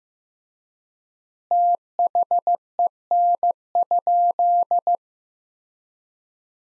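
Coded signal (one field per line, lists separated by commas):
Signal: Morse code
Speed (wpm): 15 wpm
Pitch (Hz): 700 Hz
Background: none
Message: THEN?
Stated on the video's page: Practice sentences from the top 500 words at 15 WPM with 3x word spacing, a Farnsworth-like method applied to words.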